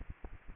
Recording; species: mosquito wingbeat signal from an infrared sensor; Aedes aegypti